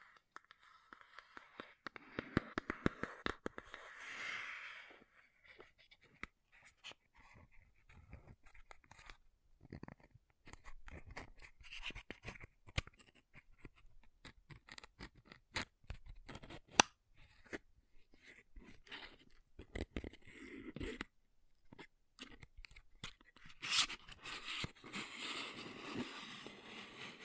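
Tapping and scratching on makeup containers, a dense run of quick, irregular clicks and taps throughout. Soft brushing and scraping swells near the start and again around twenty and twenty-five seconds, with a few sharper, louder taps standing out along the way.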